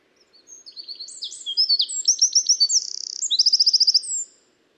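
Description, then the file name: Eurasian wren song, an energetic stream of shrill chirps and rapid trills that builds to a quick rattle, then a final run of clipped notes, against near silence. "Troglodytes troglodytes"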